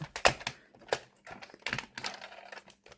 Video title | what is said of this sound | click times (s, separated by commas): [크로스 콤비네이션 시스템] 김민수의 토이타임: 마하피스+브레이로드 세트 | 이 부분을 이렇게 접어서 딸깍 소리가 날 때까지 접어져요 반대쪽도 | 1.7 s